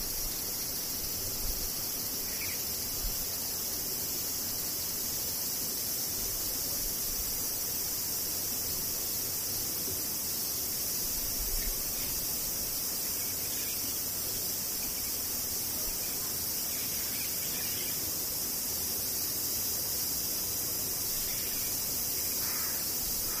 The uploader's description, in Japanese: セミ